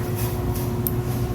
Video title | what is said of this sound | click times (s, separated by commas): How to remove Volvo door panel, volvo mirror assembly, Code P0071 Ambient temperature sensor | You'll feel a click. Make sure it locks. | 0.9 s